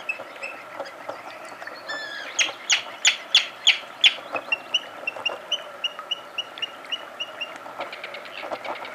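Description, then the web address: Arctic tern calling, a run of sharp harsh notes repeated rapidly, around three per second. "ljud Sterna paradisaea"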